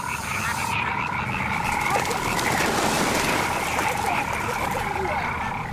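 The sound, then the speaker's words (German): A dense chorus of many frogs croaking at once as they go after a duck, a steady, loud rattling drone of overlapping pulses that never lets up for the whole stretch. “Die Frösche gehen da irgendwie auf die Ente los.”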